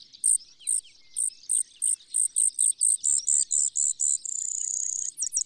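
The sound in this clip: Bird song of piercing high notes repeated a few times a second, quickening into a continuous buzzy trill before a few final notes.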